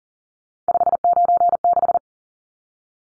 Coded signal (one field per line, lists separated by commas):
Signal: Morse code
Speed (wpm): 40 wpm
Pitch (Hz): 700 Hz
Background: none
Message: 596